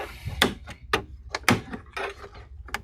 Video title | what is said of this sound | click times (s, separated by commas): Dell Inspiron 5490 AIO W24C001 Teardown Upgrade RAM M2 SSD | You're going to feel that little clicking sound to that, which is normal | 0.4 s, 0.9 s, 1.5 s, 2.7 s